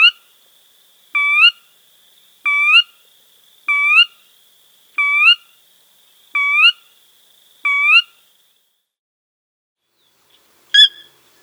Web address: Zoo Field Guide. Sora